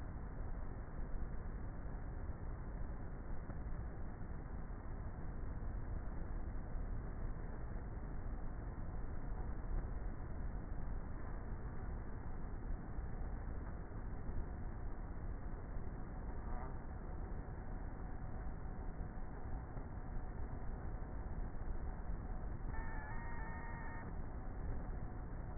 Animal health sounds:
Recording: honeybee colony, microphone inside the hive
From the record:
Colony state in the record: queenless with a low population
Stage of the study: before two queens were removed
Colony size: about 30,000 bees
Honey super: no

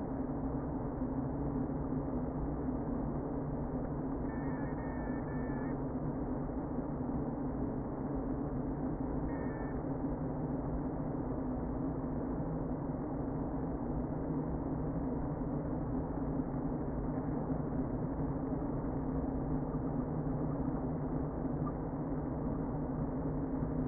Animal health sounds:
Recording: honeybee colony, microphone inside the hive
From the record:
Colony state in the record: queen present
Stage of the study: before two queens were removed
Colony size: about 60,000 bees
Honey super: yes

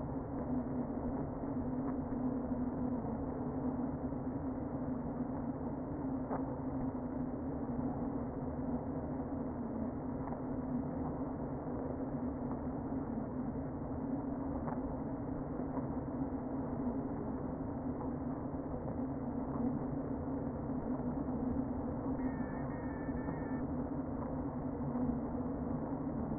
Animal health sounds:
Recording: honeybee colony, microphone inside the hive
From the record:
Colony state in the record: queen present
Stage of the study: before two queens were removed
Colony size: about 60,000 bees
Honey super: yes

